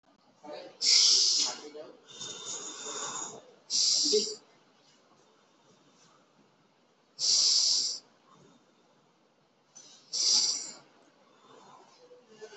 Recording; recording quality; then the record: deep breathing; excellent, no background noise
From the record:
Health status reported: COVID-19 positive, moderate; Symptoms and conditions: cough, cold, breathing difficulty, sore throat, fever, loss of smell and taste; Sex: male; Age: 23 years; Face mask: not worn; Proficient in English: yes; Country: India